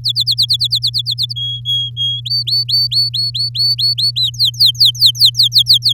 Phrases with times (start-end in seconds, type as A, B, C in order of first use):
0.04-1.33 A, 1.36-2.21 B, 2.25-4.11 C, 4.16-5.93 D